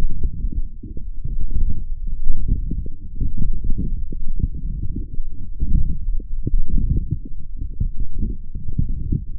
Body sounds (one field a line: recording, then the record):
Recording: forearm muscle sounds (acoustic myography)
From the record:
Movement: forearm pronation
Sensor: system 1, eight BSWA MPA416 microphones around the upper forearm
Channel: 8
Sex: male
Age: 20 years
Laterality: left